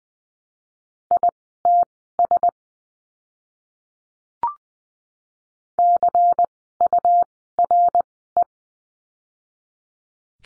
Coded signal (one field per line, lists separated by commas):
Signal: Morse code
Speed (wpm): 20 wpm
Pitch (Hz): 700 Hz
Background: none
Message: ITS CURE